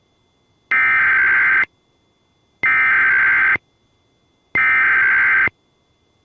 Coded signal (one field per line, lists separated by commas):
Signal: Emergency Alert System (SAME) tones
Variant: header bursts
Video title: EAS 2252: Montana Amber Alert